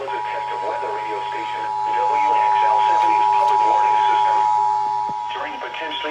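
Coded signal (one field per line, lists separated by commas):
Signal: Emergency Alert System (SAME) tones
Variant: 853 and 960 Hz attention tone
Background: speech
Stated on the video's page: Required weekly test received from a weather radio station.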